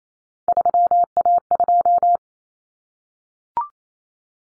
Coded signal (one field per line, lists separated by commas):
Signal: Morse code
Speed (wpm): 28 wpm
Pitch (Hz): 700 Hz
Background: none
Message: 3A2